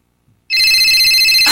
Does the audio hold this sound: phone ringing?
yes